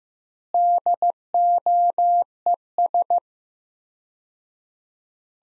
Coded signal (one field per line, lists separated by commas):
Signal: Morse code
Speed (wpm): 14 wpm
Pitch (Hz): 700 Hz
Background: none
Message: DOES